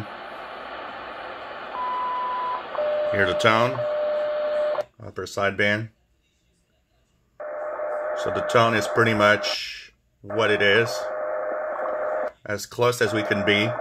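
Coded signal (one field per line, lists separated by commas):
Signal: radio time signal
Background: speech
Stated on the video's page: WWV time signal used to zero beat for SSB frequency calibration on a Tecsun PL-990x receiver.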